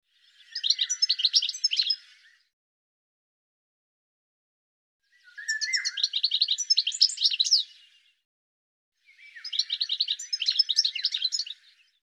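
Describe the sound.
Bird chirping in three bursts of rapid, high notes, each lasting two to three seconds, separated by silence.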